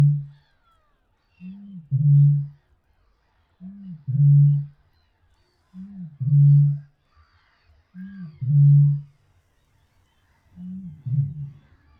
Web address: Rordrom botaurus-stellaris